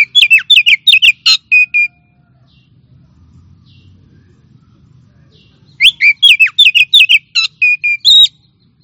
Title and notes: Kicau Burung Kacer Juara. Suara Kicauan Burung Kacer Juara